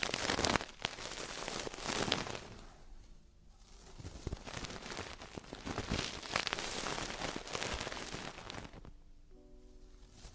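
Traditional Chinese ear cleaning: dense, crackling scrapes and rustles come in uneven bursts, with brief quieter pauses around three and nine seconds. Near the end a low, steady buzzing tone sits under the softer scratching.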